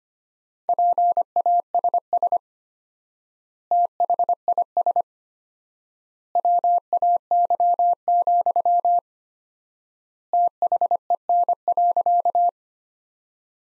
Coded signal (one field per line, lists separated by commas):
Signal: Morse code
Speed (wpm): 25 wpm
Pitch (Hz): 700 Hz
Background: none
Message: PASS THIS WAY, THEN.